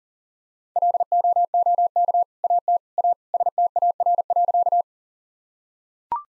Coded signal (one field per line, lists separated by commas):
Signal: Morse code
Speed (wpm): 40 wpm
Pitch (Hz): 700 Hz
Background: none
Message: LOOK AT A STAR.